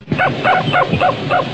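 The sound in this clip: Common raven giving five harsh, evenly spaced calls in quick succession, each rough and nasal, about three per second.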